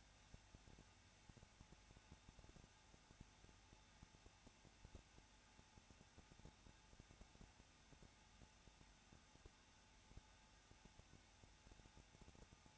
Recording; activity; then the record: daily activity, microphone in the room; no activity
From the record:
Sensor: 2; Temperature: 21.0 degrees Celsius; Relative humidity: 34.3%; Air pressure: 994.4 hPa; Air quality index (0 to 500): 172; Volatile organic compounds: 3 ppm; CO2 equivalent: 1335 ppm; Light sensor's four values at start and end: 2/3/2/2 and 2/3/2/2